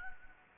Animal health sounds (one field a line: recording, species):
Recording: mosquito wingbeat signal from an infrared sensor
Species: Anopheles gambiae